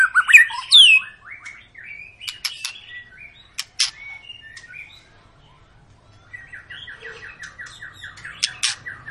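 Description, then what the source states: White-rumped shama with loud fluty opening whistles, then quieter chips, clicks and a long soft series of repeated notes. Long lure song of an actively singing shama, used to prompt other birds to sing.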